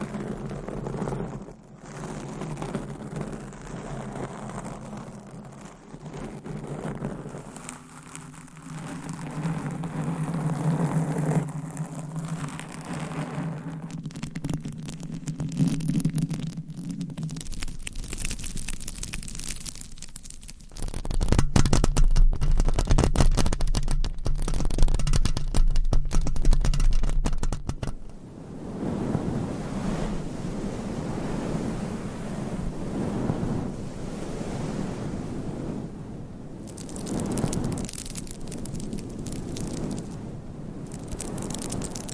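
Scratching with nails on different microphone covers, a dense rough rustle that shifts in texture across the clip. A low steady hum runs underneath for the first twenty seconds, then a louder, heavier scraping section follows before lighter, airier scratching returns near the end.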